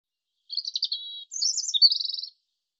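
European robin song: a high, varied phrase of tinkling notes ending in a thin whistle, then a brighter falling flourish and a rapid silvery trill.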